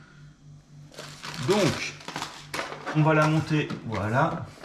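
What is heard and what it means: Someone talks while handling a plastic base part of a Roborock S8 MaxV Ultra robot vacuum's docking station, setting it in place. A few short knocks and taps of the part are heard between the speech. Nothing has seated or clicked yet.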